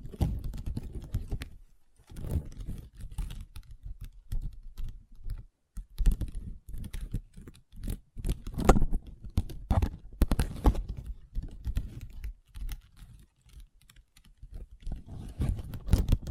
ASMR Table Tapping & Scratching with Long Nails (No Talking)